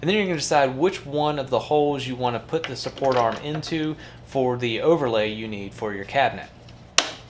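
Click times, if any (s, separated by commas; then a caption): 7.0 s. Someone talks while the removable support arm of a cabinet door mounting jig is pushed into the chosen overlay hole in the plastic jig body. One sharp, loud click at 6.9 s marks the arm locking into place, seated.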